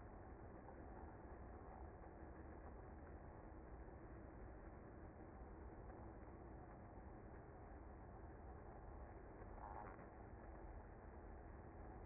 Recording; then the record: honeybee colony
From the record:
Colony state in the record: active